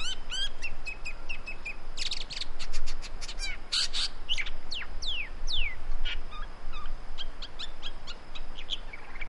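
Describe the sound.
Great woodswallow calls: busy bursts of sharp chirps and descending buzzy notes, some harsh rasps, over steady low background rumble.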